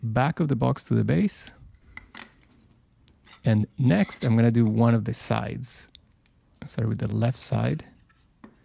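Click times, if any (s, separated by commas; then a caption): 8.4 s. Someone talks while the left side panel of a laser-cut plywood box is pressed onto the finger joints of the box base. Soft rubbing and small taps occur between the speech. The panel clicks into place at 8.4 s and is seated.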